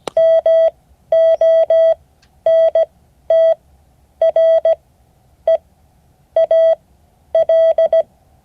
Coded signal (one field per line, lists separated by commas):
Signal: Morse code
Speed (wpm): 17 wpm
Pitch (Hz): 650 Hz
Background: none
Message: MONTREAL